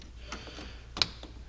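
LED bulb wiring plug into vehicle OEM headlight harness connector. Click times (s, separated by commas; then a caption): 1.0 s. An LED headlight bulb's wiring plug, peg on top, is pushed into the car's original OEM headlight harness connector. A few faint ticks lead up to one sharp click at 1.0 s, followed by a softer tick just after. The plug clips in and is seated in the harness.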